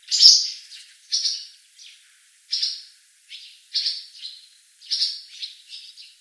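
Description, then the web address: Barn swallow calls: sharp, high chirps, given singly or in pairs roughly once a second, against a quiet background. "cianscape birddata Deverinetal 2025"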